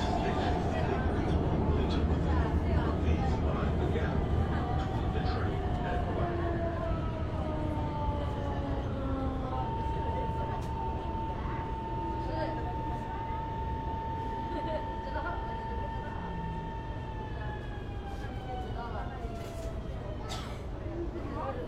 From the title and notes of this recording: Cooling in Metro, Shenzhen. 深圳地铁冷气开得很足. 那天下午三四点的样子，我从地铁 1 号线鲤鱼门站上车. 地铁里没什么人，很干净，很凉快，然后录下了这段音频。